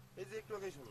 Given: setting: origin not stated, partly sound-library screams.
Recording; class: one-second piece from a danger detection set; normal situation